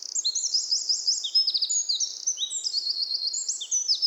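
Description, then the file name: Eurasian wren, loud high-pitched song with ringing note series and rapid trills running the whole length without a pause. "Troglodytes troglodytes"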